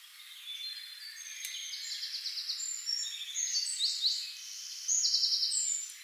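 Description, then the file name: European robin song with rapid high trills and thin whistled notes. "Erithacus rubecula"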